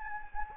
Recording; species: mosquito wingbeat signal from an infrared sensor; Anopheles gambiae